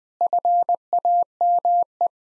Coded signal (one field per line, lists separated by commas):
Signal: Morse code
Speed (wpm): 21 wpm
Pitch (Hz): 700 Hz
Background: none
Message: FAME